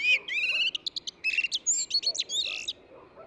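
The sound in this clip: Eurasian blackbird song: a varied run of buzzy notes, clear whistles and high squeaky chips.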